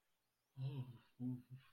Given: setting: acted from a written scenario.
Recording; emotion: vocal sound without words; relief